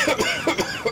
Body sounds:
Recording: coughing mixed with background sound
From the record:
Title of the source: Dry Afternoon Cough

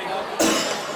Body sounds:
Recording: coughing mixed with background sound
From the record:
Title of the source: Cough Around the Clock!

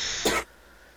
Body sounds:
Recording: coughing mixed with background sound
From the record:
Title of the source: 61 morning phlegmy cough...again

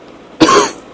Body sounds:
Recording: coughing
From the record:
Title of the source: 31 night wet cough

